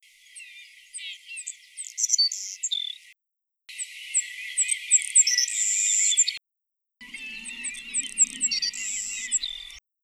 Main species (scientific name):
Passerculus sandwichensis